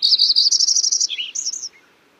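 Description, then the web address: Lincoln's Sparrow song ending: a fast, buzzy trill, a lower gurgled note, then two higher sweet notes before silence. "Songs of Birds of North America Know Your Bird Sounds Common Western Species. Lincolns Sparrow"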